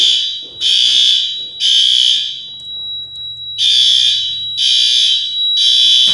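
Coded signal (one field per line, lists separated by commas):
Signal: alarm pattern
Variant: fire alarm bell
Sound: harsh electric fire bell ringing in repeated bursts, groups separated by short pauses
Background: indoor room echo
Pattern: temporal three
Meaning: Fire alarm signal sounding to order evacuation, here as a test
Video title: Fire Alarm Bell Test #36 (Gamewell-FCI 7075)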